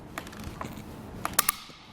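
The included torque-limiting tool tightens the foot clamp of a Thule WingBar Evo roof rack for naked roofs onto a 2020 Chevrolet Traverse. A few faint ticks come first, then the tool gives sharp, bright clicks at about 1.3, 1.4 and 1.5 seconds, showing the clamp is fully torqued at its setting.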